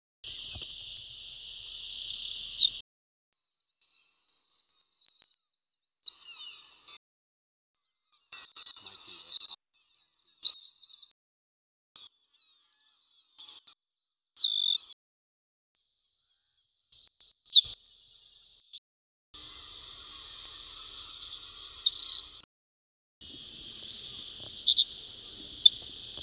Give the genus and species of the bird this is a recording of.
Passerculus sandwichensis